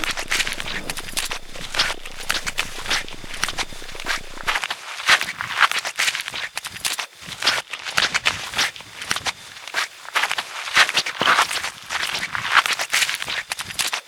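Denim jeans being scratched and rubbed, a rough, scuffing fabric sound. Bright, raspy strokes come in a steady rhythm, roughly one or two each second, for the whole fourteen seconds, with short gaps of near-silence between some of them.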